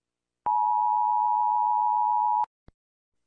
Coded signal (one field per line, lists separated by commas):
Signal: Emergency Alert System (SAME) tones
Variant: 853 and 960 Hz attention tone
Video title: US EAS alarm sound effect